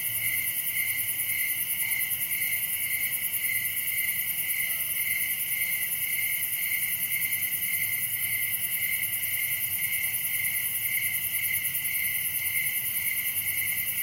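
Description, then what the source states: Crickets chirping steadily, layered high pulses forming an unbroken night chorus with faint low background noise. Recorded at night in summer in a wooded area, Dell Creek State Wildlife Area; crickets are the main sound.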